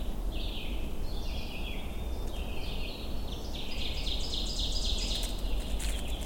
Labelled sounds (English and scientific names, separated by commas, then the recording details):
Ovenbird (Seiurus aurocapilla) song
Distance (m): 40 m
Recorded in boreal forest in Alberta, Canada, on 22 June 2016 at 07:26
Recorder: SongMeter 3, array SBT-6-76
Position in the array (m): 14 m, 118 m
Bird 2